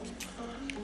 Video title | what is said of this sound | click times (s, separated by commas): Conair Men All-in-One Rechargeable, Showerproof Trimmer, Nose, Hair, Beard, Mustache and Body Hair | and you slide this in just like that and lock it in place | 0.7 s